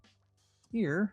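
A CAN cable connector from a Haltech multi-function CAN gauge, being installed in a Toyota 22R-TE pickup, is handled at a spare port on the wideband controller. Faint quiet sounds come first, then someone talks from about 0.7 s to 1.1 s over background music. The connector has not seated or clicked into the port yet.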